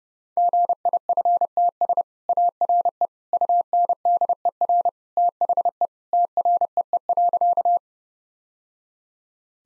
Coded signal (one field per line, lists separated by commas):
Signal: Morse code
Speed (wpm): 32 wpm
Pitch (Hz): 700 Hz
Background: none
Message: GIFTS ARE UNDER THE TREE.